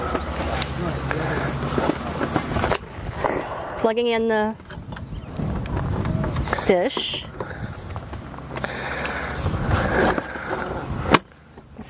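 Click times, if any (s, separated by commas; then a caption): 11.2 s. A satellite cable plug is pushed into the socket on a Starlink dish while someone talks over steady background noise. The plug snaps into place with a sharp, loud click at 11.2 s, seating the connector.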